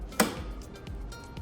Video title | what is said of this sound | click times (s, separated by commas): COM-CFHB6: Powerful, Expandable COM Solution from AAEON | will hear 2 clicks, and that means you are installed it properly. | 0.2 s